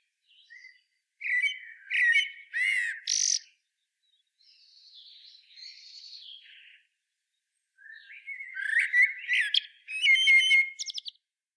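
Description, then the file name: Common blackbird giving clusters of squeaky, harsh harmonic notes, a long soft scratchy twittering stretch, then another lively burst of rapid squeaks and rattling notes. "Turdus merula"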